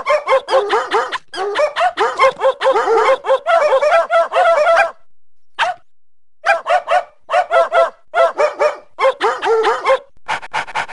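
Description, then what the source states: Dog barking in dense runs of rapid barks, with a few brief pauses between bursts. Dog barking and 'singing'.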